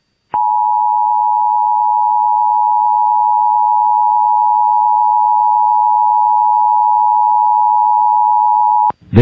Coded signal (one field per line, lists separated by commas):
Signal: Emergency Alert System (SAME) tones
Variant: 853 and 960 Hz attention tone